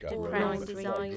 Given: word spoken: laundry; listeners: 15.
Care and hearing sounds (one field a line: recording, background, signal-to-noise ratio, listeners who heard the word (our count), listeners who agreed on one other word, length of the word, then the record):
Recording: one English word in noise, from a listening test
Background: four-talker babble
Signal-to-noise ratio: -1.8 dB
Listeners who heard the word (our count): 1 of 15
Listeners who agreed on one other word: 6 of 15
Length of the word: 0.77 s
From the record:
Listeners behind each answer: 6, 3, 2, 1, 1, 1, 1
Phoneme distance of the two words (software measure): 59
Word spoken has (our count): 2 syllables, 6 phonemes, stress on syllable 1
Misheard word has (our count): 2 syllables, 7 phonemes, stress on syllable 2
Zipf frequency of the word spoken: 3.72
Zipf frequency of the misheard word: 3.89